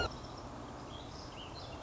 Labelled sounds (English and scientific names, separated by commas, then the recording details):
Song Sparrow (Melospiza melodia)
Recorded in Sonoma County, California